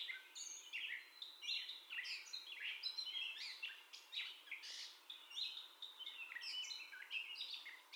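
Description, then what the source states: Gray catbird song with continuous varied, chattering and squeaky phrases tumbling one after another, without breaks. Described as the catbird's first song, recorded on 30 May 2021.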